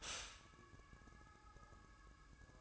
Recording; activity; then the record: daily activity, microphone in the room; stop toaster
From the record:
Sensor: 2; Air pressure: 1007.0 hPa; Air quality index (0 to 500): 40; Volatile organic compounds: 1 ppm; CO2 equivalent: 540 ppm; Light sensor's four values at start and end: 6/13/5/5 and 6/13/5/5